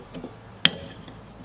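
A T-bar wiper arm puller is turned until it pulls a metal windscreen wiper arm up off its tapered spline shaft. At 0.6 s the arm breaks free with a single sharp, loud crack and a brief high ringing tail, followed by a faint tick near 1.1 s. The arm is released with neither the spline nor the arm damaged.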